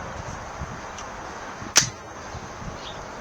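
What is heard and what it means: A frame-mounted "fuel tank" battery pack for a Bluvall K10 electric bicycle is aligned with the grooves on the frame and pushed into place. A single loud, sharp click rings out at 1.8 s over a low, steady background. The battery is seated and locked on.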